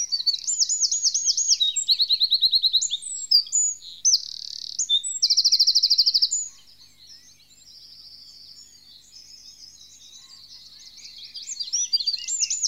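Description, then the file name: Eurasian wren song with loud high looping notes, quick repeated phrases, a buzzy trill and a fast rattle, followed by softer jumbled twitters and another burst at the end. "winterkoning"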